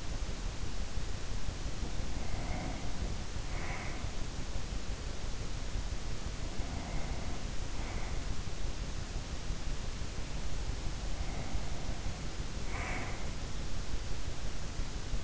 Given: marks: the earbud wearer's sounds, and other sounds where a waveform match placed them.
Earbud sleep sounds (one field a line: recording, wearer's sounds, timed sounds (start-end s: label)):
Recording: sounds in sleep by an in-ear microphone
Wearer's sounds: breath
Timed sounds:
1.72-4.19 s: breath
6.27-8.34 s: breath
10.90-13.29 s: breath